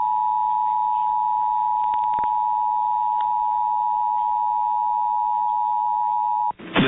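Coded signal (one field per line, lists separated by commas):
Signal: Emergency Alert System (SAME) tones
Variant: 853 and 960 Hz attention tone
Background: speech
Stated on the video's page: EAS tones from NOAA Weather Radio alerts for tornadoes and AMBER Alerts.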